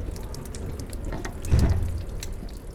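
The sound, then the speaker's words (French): Steady, low rushing water of an underground river flows throughout, dotted with scattered sharp drips and trickles, and swells into a brief louder surge about halfway through before settling back to a constant murmur. “Les gens ici savent qu'une rivière coule sous leurs pieds.”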